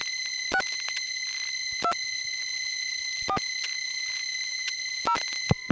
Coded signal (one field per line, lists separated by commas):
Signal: DTMF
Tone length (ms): 80 ms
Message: 6 2 4 0